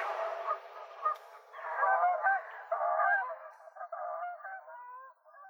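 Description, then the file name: Canada goose flock honking, a continuous overlapping chorus of nasal honks and yelps. "kanadanhanhi"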